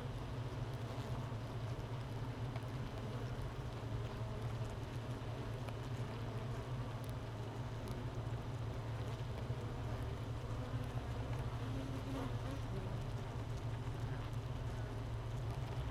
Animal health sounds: honeybee colony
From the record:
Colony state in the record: missing queen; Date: 31 May 2018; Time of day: 13:20

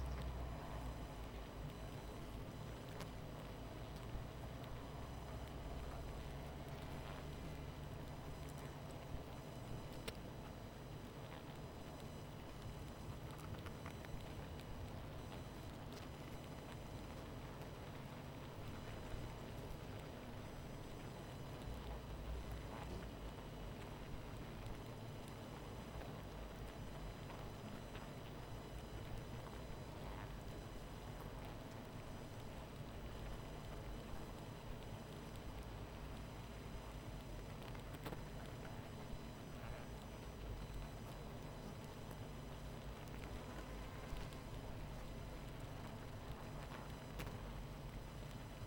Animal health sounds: honeybee colony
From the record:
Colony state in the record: missing queen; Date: 14 July 2017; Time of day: 23:36

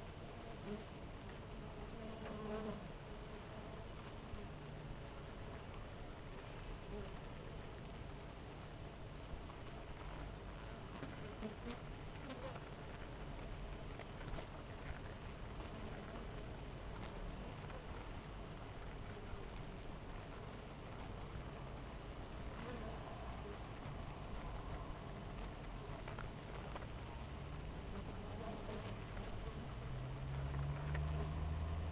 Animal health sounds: honeybee colony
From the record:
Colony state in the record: missing queen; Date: 14 July 2017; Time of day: 6:32

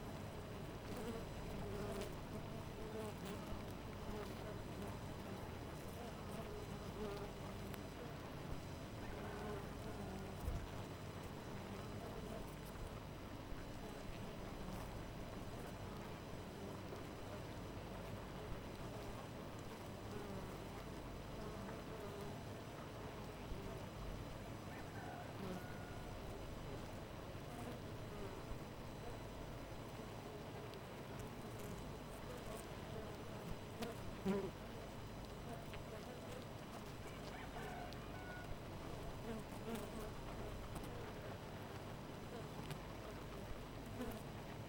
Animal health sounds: honeybee colony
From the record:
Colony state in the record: missing queen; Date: 14 July 2017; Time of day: 4:38

